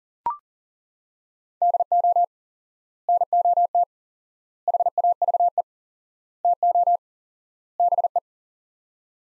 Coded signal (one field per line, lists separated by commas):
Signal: Morse code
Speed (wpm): 40 wpm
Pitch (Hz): 700 Hz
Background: none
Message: DO NOT HAVE TO BE